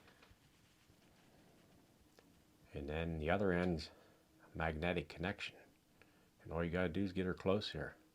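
The magnetic end of a USB charging cable is handled near the charging port of an Odepro NT21 1200-lumen compact flashlight while someone talks, with only faint small ticks between phrases. Nothing has seated or clicked yet; the connector has not snapped onto the port by the end.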